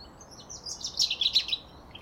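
Common chaffinch calls: a short burst of high chirping notes around the middle, clustered over about a second, with faint background hiss.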